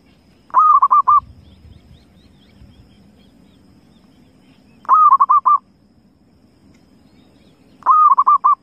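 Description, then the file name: Zebra dove cooing: three short phrases of quick, bubbling, mid-pitched notes, about five per burst, spaced several seconds apart over a quiet background. Lure call used for trapping zebra doves. "suara perkutut pikat"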